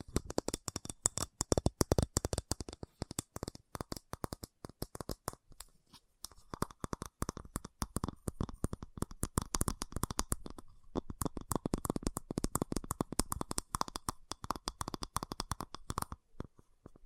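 Fast tapping in quick, dense bursts of sharp clicks, each one spanning low thuds to bright ticks. The rhythm is irregular and nearly continuous, with a brief lull around six seconds and another short gap near eleven seconds before the tapping resumes.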